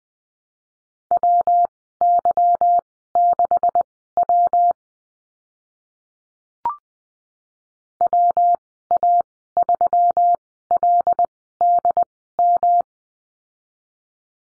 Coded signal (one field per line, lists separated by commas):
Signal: Morse code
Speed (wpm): 20 wpm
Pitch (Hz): 700 Hz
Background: none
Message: WY6W WA3LDM